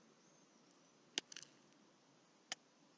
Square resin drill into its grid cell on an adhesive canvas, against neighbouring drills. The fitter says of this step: ça vous dit que si ça a fait clic clic les diamants sont bien emboîter et